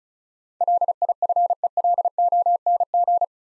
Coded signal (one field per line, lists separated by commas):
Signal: Morse code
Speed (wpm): 34 wpm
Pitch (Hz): 700 Hz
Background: none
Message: LIFELONG